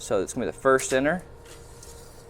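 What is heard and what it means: Someone talks while handling the inner slide member of a metal sliding server rail for a Dell PowerEdge R6525, about to pull the second inner member out to its locked, extended position. After the talking, only quiet handling noise follows. Nothing has locked or clicked yet.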